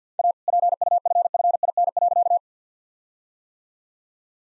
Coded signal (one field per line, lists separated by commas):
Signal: Morse code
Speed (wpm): 50 wpm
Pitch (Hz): 700 Hz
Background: none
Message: A PUFFIN.